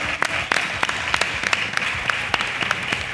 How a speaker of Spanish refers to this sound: pero yo lo que quiero es de verdad dar un aplauso a este pedazo de público que tenemos aquí en el Salón del Cómic.